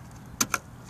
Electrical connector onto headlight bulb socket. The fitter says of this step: Then what you want to do is come back, plug up your electrical connection. You'll hear a click